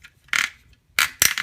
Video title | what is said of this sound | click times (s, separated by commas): Review Toyworld TW-T Throttlebot Combiner | and make sure he's in until he clicks all the way back. | 1.0 s, 1.2 s